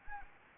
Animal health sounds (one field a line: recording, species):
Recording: mosquito wingbeat signal from an infrared sensor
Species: Anopheles gambiae